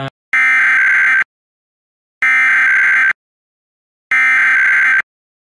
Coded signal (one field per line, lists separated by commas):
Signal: Emergency Alert System (SAME) tones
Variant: header bursts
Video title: Various Emergency Alert System (EAS) Tests - Month of 12/2021